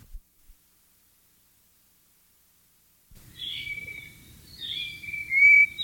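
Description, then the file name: White-rumped shama song: silence, then clear whistled phrases in the upper range, ending with a loud, sustained, slightly rising whistle, over a low background hum. Wild bird, recorded in the wild. "suara burung murai batu di alam liar"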